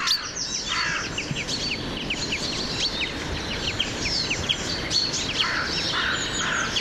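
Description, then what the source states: Common Chaffinch flock giving many short, sharp call notes in quick irregular succession, several birds overlapping, against constant rushing background noise. Flock of 30-40 birds just arrived over the sea on migration, stopped to feed on the south coast; giving calls rather than song while feeding.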